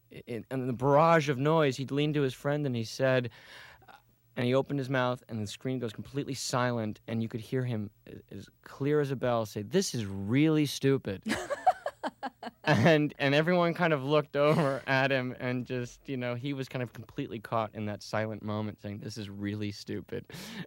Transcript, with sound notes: and in the barrage of noise, he'd leaned to his friend and he said -- and he opened his mouth, and the screen goes completely silent, and you could hear him as clear as a bell say, "This is really stupid."
(laughs)
And everyone kind of looked over at him and just, you know -- he was kind of completely caught in that silent moment thing, "This is really stupid."